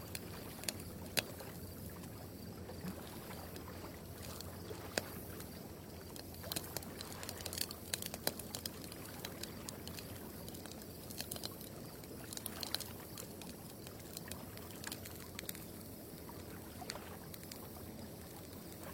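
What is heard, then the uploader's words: Firewood crackles on a quiet night, with sharp pops and snaps scattered irregularly across the clip and small bursts around the middle and again a little later. Underneath, a soft, steady low rumble holds constant throughout. The quiet night, the firewood.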